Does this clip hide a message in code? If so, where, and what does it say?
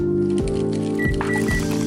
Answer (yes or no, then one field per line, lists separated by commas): no